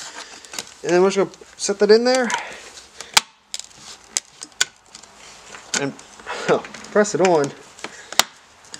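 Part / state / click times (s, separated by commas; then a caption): side mirror glass into passenger mirror housing / seated / 8.2 s. A replacement side mirror glass is pressed onto its backing mount in the passenger mirror housing of a Volvo V70 while someone talks. Several sharp clicks and taps are heard, and the glass snaps into place at 8.2 seconds, seated.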